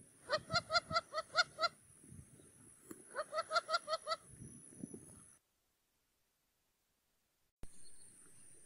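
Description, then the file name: Wattled jacana chattering: two bursts of six or seven harsh, nasal notes given in quick succession, separated by a pause, over low rumbling and a steady high-pitched tone. Song (canto). "CANTO-DO-JAÇANÂ-Jacana-jacana-Wattled-Jacana"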